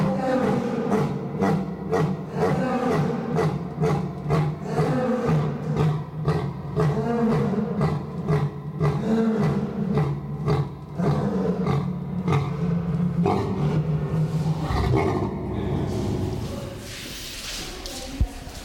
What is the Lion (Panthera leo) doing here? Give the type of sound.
call